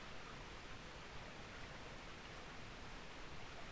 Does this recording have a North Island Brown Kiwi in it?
no